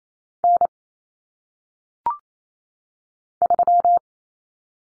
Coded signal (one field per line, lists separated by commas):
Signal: Morse code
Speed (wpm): 28 wpm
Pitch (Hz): 700 Hz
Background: none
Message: N 3